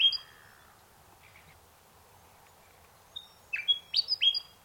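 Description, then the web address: Bird giving a bright chirp, then a long pause with faint notes, followed by a tight burst of loud, clipped whistled chirps. Unidentified bird recorded in mangroves. "Sound Effects-Foundation 1 BIRD UNKNOWN MAGROVES"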